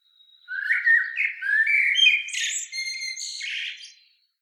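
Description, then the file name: Common blackbird: one continuous phrase of rich fluted notes climbing into a bright, thin, twittering ending. "Turdus merula"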